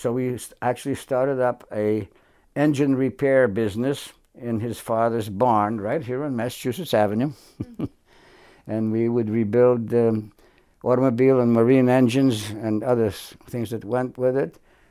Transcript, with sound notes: So we actually started up a engine repair business in his father's barn right here on Massachusetts Avenue. [Chuckles] And we would rebuild automobile and marine engines and other things that went with it.